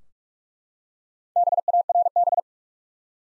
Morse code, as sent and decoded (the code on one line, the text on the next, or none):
-... .- .-. -...
BARB